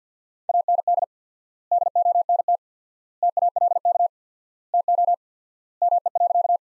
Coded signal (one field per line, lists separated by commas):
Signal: Morse code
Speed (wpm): 50 wpm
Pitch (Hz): 700 Hz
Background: none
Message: AND DONT TALK TO ME.